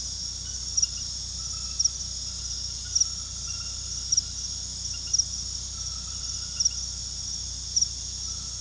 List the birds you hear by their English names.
none